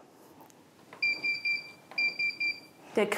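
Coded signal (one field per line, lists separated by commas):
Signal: none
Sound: kitchen scale beeps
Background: speech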